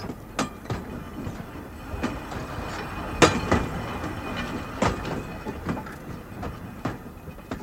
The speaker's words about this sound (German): Und nun geht die Schranke runter. Sie versperrt uns den Weg. Man sieht den Zug nicht. Noch deckt ihn die Kurve. Aber jetzt.